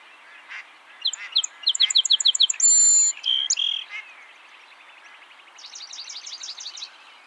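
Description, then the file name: Song sparrow singing a quick series of bright clipped notes, then a loud buzzy note and a lower trill, with a chorus of chattering calls continuing underneath. "Melospiza melodia - Song Sparrow"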